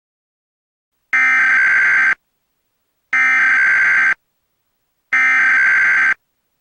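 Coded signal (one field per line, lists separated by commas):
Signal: Emergency Alert System (SAME) tones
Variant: header bursts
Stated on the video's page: Mock EAS alert with valid tones.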